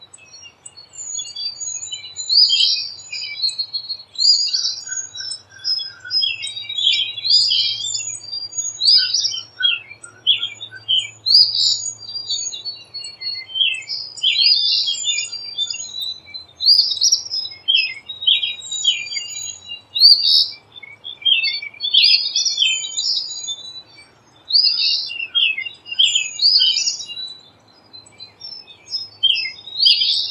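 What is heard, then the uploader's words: A dense dawn chorus of birds sings without pause, bright overlapping chirps and trills coming in quick bursts every second or so. Several voices layer at once. A faint low hum runs underneath, swelling briefly in the middle. Birds Singing in the Morning. Each morning just before dawn dozens of species of birds gather to sing in a chorus of melodies sending their greetings to others often blocks away.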